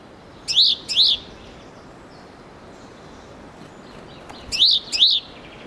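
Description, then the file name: Great tit uttering two quick high chirps, a pause of over three seconds, then another matching pair, against steady low background hiss. "Parus major"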